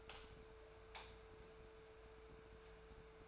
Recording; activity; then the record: daily activity, microphone in the room; light off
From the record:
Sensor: 2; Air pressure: 1014.6 hPa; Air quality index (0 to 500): 185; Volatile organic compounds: 14 ppm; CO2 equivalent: 2450 ppm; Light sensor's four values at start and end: 34/88/37/40 and 29/71/31/34